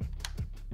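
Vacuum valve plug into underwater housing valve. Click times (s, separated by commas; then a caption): 0.2 s. A lubed vacuum-valve plug with its O-rings is pushed back into the valve on an Ikelite underwater housing for Sony FX3/FX30 cine cameras. A short, bright click sounds at 0.3 s over a low steady rumble with soft thumps, and the plug seats in place.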